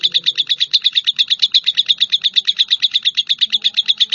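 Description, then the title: Java sparrow song made of quick, regular high chipping notes, repeated without a break. "kicau gelatik"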